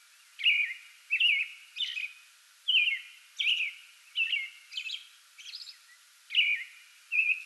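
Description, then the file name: American robin song of warbled, slurred phrases in a steady series, some topped by thin high notes. Singing before dawn from a small tree in a front yard, 8 May 2022. "2022-05-08 American Robin pre-dawn singing from small tree in front yard"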